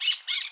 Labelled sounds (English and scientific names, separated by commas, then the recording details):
Brown-throated Parakeet (Eupsittula pertinax) contact call
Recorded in Curacao
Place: Hoffi Jan Thiel
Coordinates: 12.094, -68.877